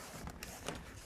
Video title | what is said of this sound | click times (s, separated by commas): How To Install A Porch Ceiling Using Solid Vinyl Soffit (Light And Fan Installation Explained) | and there you can hear it kind of lock into place give it a nice little spool make sure we're in good | 0.3 s, 0.4 s, 0.7 s